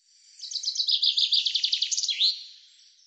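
Common chaffinch song: a fast series of bright, descending chipping notes running into a rattle, then closing with a sharp, slurred flourish.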